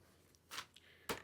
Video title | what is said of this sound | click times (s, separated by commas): Big Max Golf IP2 Blade: The Ultimate Fold-Flat Push Cart? | Comes down, locks into place. | 1.1 s